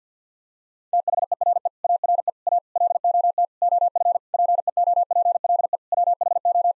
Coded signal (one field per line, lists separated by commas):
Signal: Morse code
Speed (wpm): 50 wpm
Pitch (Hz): 700 Hz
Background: none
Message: THERE ARE A LOT OF PEOPLE WHO